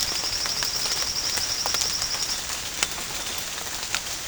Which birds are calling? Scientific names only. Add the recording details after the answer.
none. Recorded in dense forest near Puerto Asís, Putumayo, Colombia, on 27 June 2025 at 06:30. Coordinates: 0.481, -76.323. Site G072